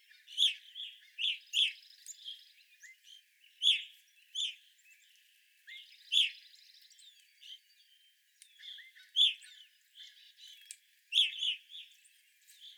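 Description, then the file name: Evening grosbeak calls, clustered shrill chirps and buzzy chatter from several birds, coming in bursts with brief pauses. Flock of evening grosbeaks, 25 April 2021. "2021-04-25 Evening Grosbeaks"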